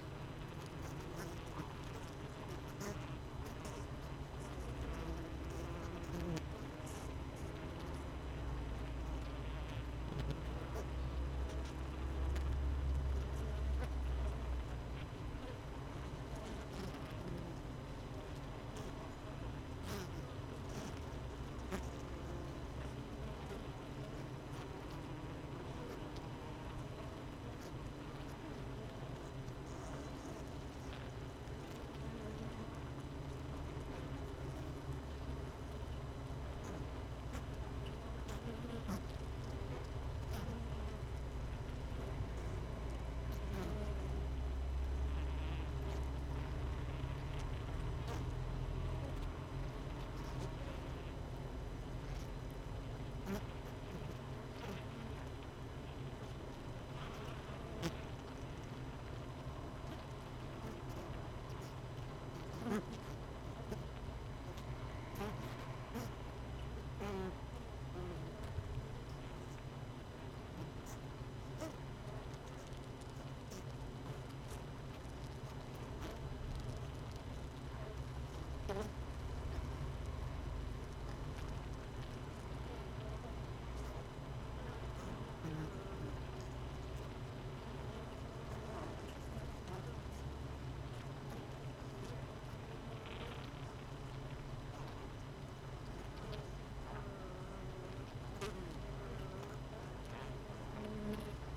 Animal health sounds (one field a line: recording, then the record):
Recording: honeybee colony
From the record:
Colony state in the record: missing queen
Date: 31 May 2018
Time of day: 17:44